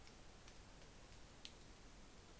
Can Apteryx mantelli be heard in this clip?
no